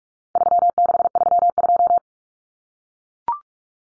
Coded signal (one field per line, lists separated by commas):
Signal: Morse code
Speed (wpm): 44 wpm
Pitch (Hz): 700 Hz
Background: none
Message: 3632